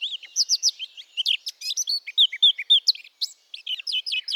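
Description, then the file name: Eurasian blackcap singing a fast, varied warble of scratchy and fluted notes, with brief pauses and loud whistled phrases near the end. "Sylvia atricapilla"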